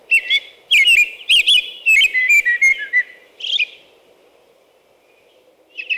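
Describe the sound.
American robin delivering a rapid series of whistled, slurred phrases for about three seconds, then a lone note, a quiet spell and one more note at the very end; faint low hum.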